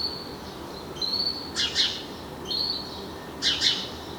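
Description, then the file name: House sparrow giving two bursts of doubled, scratchy chirps roughly two seconds apart, each preceded by a thin, high, steady whistled note. "Passer domesticus"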